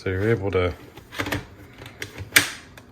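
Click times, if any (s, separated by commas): 2.4 s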